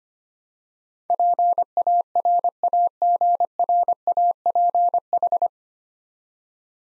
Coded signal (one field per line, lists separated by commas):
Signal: Morse code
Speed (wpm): 25 wpm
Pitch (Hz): 700 Hz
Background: none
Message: PARAGRAPH